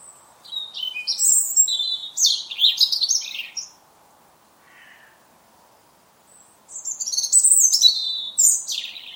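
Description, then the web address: European robin delivering high, liquid warbled phrases with fast trills and sliding notes, a brief pause, then a renewed burst of varied song. "Deverinetal 2025 File origin Bird Only Er Ru"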